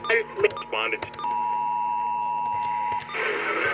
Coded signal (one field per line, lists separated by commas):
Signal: Emergency Alert System (SAME) tones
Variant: 853 and 960 Hz attention tone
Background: speech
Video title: Election Day Massachusetts Required Monthly Test (EAS 1483 - 1503)